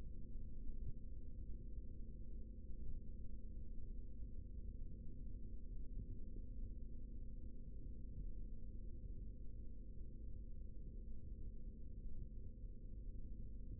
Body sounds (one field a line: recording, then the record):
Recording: forearm muscle sounds (acoustic myography)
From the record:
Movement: rest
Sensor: system 3, bracelet of six PUI Audio POM-2738L microphones around the upper forearm, with dedicated amplification and filtering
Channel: 6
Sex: male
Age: 56 years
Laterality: right